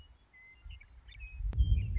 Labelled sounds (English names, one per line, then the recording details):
Western Meadowlark
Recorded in Sonoma County, California